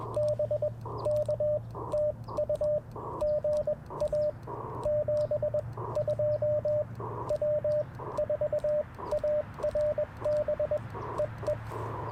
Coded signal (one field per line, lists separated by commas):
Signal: Morse code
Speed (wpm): 21 wpm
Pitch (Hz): 600 Hz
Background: radio noise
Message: BK TU GA 72 W4ARB EE